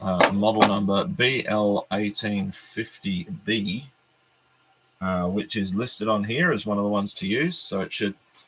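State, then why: Not seated. A Makita BL1850B 18 V slide-on power tool battery pack is handled near a plastic battery adapter for a speaker build while someone talks, with a brief silent gap around 4 to 5 seconds. Nothing has seated or clicked yet; the clip ends before the battery latches into the adapter.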